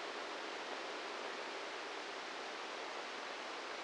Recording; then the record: brain microelectrode recording played as sound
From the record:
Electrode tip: inside the subthalamic nucleus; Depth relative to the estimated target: -2 mm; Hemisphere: left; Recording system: NeuroSet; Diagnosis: Parkinson's disease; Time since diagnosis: 8 years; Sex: male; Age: 58 years